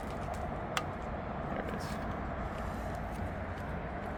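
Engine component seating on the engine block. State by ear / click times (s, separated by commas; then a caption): seated / 0.8 s. An unnamed engine component is fitted onto the engine block of an LQ9 during a teardown, with bolts being started using a ratchet. Against a steady broadband background, a single sharp click is heard at 0.8 s as the part seats into place.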